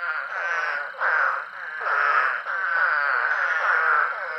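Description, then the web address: Eastern spadefoot giving long, buzzy, nasal croaks that run together almost continuously, each swelling and fading over about a second. "Songs of Frogs Toads of North America. Eastern Spadefoot"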